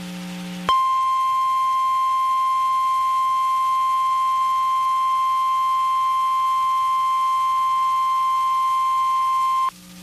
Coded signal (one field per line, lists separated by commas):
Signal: Emergency Alert System (SAME) tones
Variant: 1050 Hz attention tone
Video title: North Central Texas Severe T Storm Outbreak (EAS 1494-1515)